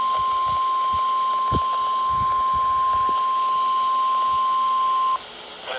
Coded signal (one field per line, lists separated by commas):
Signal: Emergency Alert System (SAME) tones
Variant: 1050 Hz attention tone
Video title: Just a normal Severe Thunderstorm Warning... nothing to see here (EAS #22)